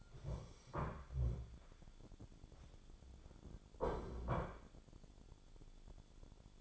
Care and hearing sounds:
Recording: daily activity, microphone in the room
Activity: stand up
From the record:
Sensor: 5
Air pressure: 1015.4 hPa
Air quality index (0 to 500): 177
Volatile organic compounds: 6 ppm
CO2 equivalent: 1927 ppm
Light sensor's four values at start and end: 37/84/34/33 and 37/83/34/33

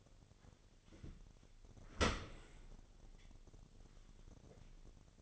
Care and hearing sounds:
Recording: daily activity, microphone in the room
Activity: open dishwasher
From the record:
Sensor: 4

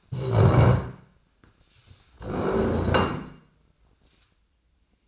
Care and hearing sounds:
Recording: daily activity, microphone in the room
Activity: stand up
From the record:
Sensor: 2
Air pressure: 1012.2 hPa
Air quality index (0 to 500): 162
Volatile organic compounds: 2 ppm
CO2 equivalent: 1182 ppm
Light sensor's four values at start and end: 48/124/53/60 and 72/163/76/92

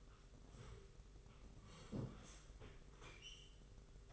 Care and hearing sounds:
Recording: daily activity, microphone in the room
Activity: sit down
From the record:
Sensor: 4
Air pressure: 991.4 hPa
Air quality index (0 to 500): 140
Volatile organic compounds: 61 ppm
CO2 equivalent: 3430 ppm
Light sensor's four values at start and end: 23/75/28/29 and 23/75/28/29

